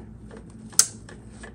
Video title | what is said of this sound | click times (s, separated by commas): 12,000 mile service BMW S1000rr M1000rr k67 k66 | you heard the click | 0.8 s